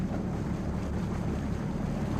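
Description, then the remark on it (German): Water rushes and churns steadily as it parts at the bow of a moving boat on a river, a continuous low rumble with some wind noise, no voices and no distinct breaks. “Das Wasser teilt sich so schön am Bug.”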